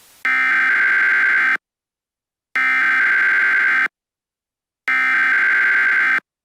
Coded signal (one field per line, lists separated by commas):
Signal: Emergency Alert System (SAME) tones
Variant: header bursts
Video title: A Randomnomicon EAS Mock Broadcast